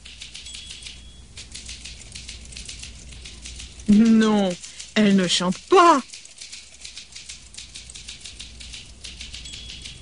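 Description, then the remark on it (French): Steady, rapid typewriter typing, a dense stream of sharp mechanical key clicks running throughout, briefly joined by a woman speaking a short sentence in the middle. “Qu'est-ce qu'elle fait ? Elle tape à la machine.”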